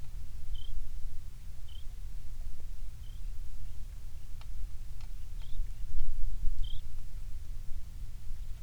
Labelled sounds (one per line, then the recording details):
songbird
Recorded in the Prudhoe Bay oil fields, Alaska, on 27 July 2019 at 18:33
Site 19